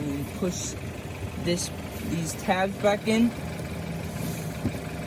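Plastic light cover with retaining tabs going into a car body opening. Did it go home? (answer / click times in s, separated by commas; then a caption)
no / none. Someone talks while handling a plastic light cover with retaining tabs on a BMW F30, sliding it back toward its opening in the car body and pushing the tabs in, over a low steady hum. Nothing has seated or clicked yet.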